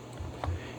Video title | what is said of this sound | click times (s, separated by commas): Canon EOS Rebel T1i (500D, Kiss X3) Video 2: Battery, Memory Card, Lenses, & Operation | slide it into the chamber until it clicks and that little lever will cover it close the battery door | 0.4 s